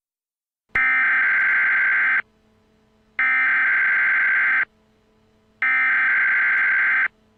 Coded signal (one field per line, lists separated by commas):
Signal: Emergency Alert System (SAME) tones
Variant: header bursts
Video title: [EAS SCENARIO] Nature's Revenge (Part 3)